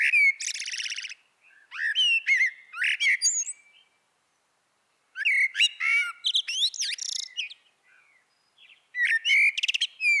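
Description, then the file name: Eurasian blackbird song: several phrases of warbled notes mixed with high, sharp twitters, separated by pauses. "Turdus merula"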